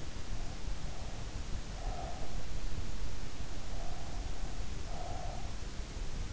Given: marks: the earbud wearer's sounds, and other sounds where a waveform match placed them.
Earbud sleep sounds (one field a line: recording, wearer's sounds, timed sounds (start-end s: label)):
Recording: sounds in sleep by an in-ear microphone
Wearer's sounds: breath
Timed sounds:
1.49-2.72 s: breath
3.36-5.63 s: breath